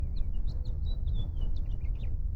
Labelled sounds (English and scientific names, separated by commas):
House Finch (Haemorhous mexicanus) song